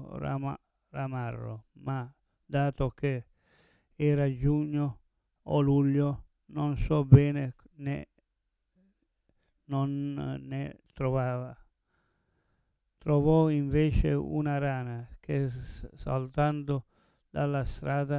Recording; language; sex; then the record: read passage; Italian; male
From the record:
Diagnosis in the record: Parkinson's disease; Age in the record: 70 years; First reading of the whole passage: 112 s, 4.6 characters per second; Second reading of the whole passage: 107 s, 4.9 characters per second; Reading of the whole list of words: 68 s, 4.1 characters per second